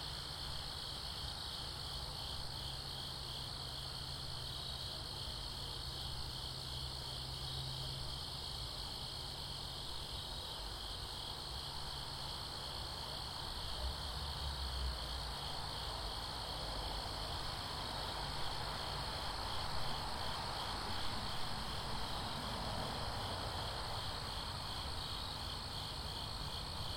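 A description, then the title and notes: Insects shrill steadily in a backyard near a fairly busy main road, several bright pulsing bands layered together without a break. Traffic rumbles low underneath throughout, swelling as a vehicle passes around the middle, and the overall level rises slightly after that. 506 S. Woodbury Road Backyard, Pitman NJ. Backyard recording in Pitman NJ. Near a fairly busy main road.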